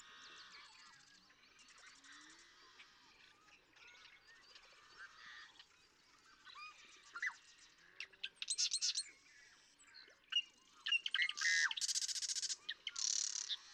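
Marsh Wren song: quiet, busy chattering builds into sharper rattling trills and squeaky notes in the second half.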